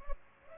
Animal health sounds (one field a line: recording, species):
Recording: mosquito wingbeat signal from an infrared sensor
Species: Culex pipiens